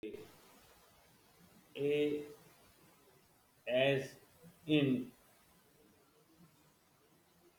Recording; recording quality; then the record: sustained vowel as in made; poor, much background noise or distortion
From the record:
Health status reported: healthy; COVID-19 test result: negative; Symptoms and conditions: diabetes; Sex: male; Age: 54 years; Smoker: not ticked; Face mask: not worn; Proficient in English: yes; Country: India